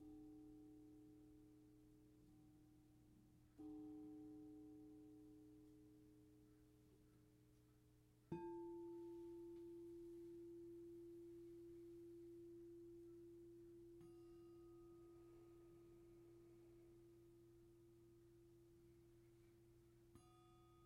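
A sound bath of long, ringing metallic tones, like struck singing bowls, each strike blooming then slowly fading. New strikes land near 3.5, 8.5, 14 and 20.5 seconds, layering fresh pure pitches over the lingering hum. A steady low drone sits underneath throughout.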